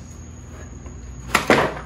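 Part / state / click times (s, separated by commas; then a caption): plastic clip on a motorcycle front fender half / not seated / none. A plastic fender piece from a Can-Am Ryker front fender half is flipped over and pushed down on to snap its plastic clip into place, with the awkward positioning making it hard. After a quiet stretch with a steady high tone, there is a sharp knock at 1.35 s and a louder, longer scraping burst around 1.5 s. The clip does not seat, and nothing has snapped into place yet.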